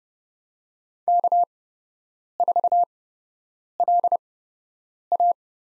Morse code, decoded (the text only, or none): K4LA